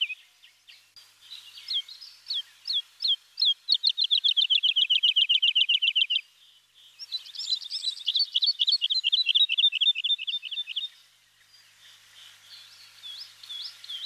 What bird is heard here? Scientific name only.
Lullula arborea